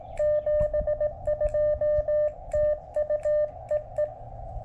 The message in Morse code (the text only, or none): 72 TU EE